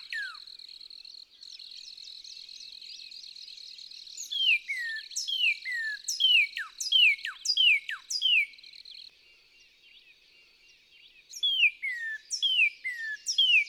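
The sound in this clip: Northern cardinal delivering repeated downward-slurred whistles and fast plunging notes in two bursts, separated by a short gap, with a high-pitched insect drone behind the first burst.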